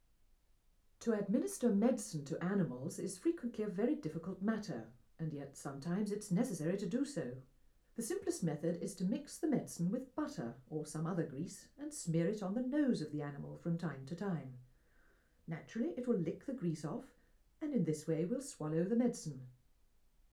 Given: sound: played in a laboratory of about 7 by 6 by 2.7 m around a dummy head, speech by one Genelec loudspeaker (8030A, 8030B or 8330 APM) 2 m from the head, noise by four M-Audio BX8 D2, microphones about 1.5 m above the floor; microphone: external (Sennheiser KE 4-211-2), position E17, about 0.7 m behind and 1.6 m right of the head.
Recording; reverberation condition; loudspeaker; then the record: female speech in English; low; 150 degrees to the right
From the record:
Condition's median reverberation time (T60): about 310 ms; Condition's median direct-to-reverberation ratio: about 3.5 dB